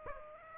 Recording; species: mosquito wingbeat signal from an infrared sensor; Aedes aegypti